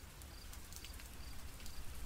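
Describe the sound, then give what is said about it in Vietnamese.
Steady, dense rain hisses without pause over a city at 4 a.m., with a low rumbling undertone of gusting wind beneath it and no voices. “Chỉ có gió mưa càng lúc càng điên cuồng, thét gào và nhè nanh giờ vuốt.”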